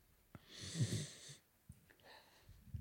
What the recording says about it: Ridley the dog is lying as we speak. Can I see if you can hear him snoring?